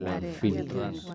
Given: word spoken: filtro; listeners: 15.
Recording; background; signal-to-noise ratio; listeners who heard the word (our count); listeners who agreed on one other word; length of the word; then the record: one Spanish word in noise, from a listening test; four-talker babble; 0.9 dB; 2 of 15; 6 of 15; 0.74 s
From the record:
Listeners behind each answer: 6, 2, 2, 1, 1, 1, 1, 1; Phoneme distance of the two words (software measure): 17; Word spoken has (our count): 2 syllables, 6 phonemes, stress on syllable 1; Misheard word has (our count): 2 syllables, 7 phonemes, stress on syllable 2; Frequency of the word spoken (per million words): 6.07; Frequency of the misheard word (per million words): 1.69